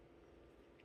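The hinged helmet visor on a plastic McFarlane Toys Medieval Spawn action figure from the Kickstarter 3-pack is handled as it is being closed over the face underneath. A steady low background is heard, with one brief soft sound at about 0.8 s. Nothing has seated or clicked yet.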